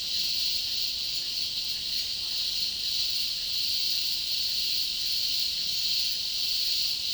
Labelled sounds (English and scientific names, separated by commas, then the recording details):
none
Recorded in dense forest near Puerto Asís, Putumayo, Colombia, on 18 February 2024 at 11:00
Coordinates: 0.502, -76.324
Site G6370